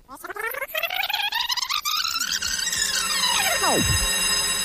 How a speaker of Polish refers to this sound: To był dzwonek czy alarm? Nie, to był dzwonek w szkole, bo jesteśmy właśnie w szkole.